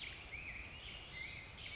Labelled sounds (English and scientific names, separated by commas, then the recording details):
Black-headed Grosbeak (Pheucticus melanocephalus)
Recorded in Sonoma County, California